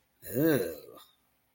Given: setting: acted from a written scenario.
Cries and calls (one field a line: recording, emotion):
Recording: vocal sound without words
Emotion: disgust